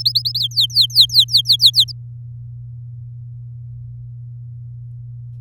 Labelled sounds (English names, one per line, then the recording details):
Domestic Canary song
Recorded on 7 May 2018 at 17:15
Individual llb16